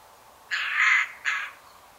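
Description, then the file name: Eurasian Jay giving two harsh, grating screeches in quick succession, the first longer and louder than the second. "Garrulus glandarius"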